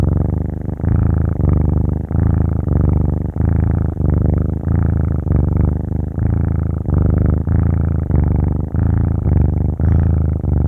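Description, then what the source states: Cat purring, a continuous low rumbling throb that pulses in steady breaths, each phase lasting under a second with brief dips between. Kitten purring.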